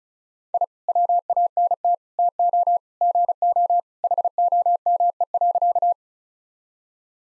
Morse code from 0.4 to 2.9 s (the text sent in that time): I WANT TO